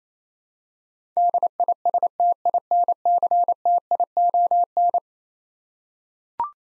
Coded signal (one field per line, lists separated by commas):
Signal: Morse code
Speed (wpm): 28 wpm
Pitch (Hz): 700 Hz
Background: none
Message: DISTINCTION